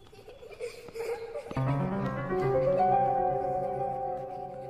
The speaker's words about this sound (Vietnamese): Hai thằng toan quay ra thì chợt bên tai của Trung lại nghe tiếng trẻ con cười khúc kha khúc khích.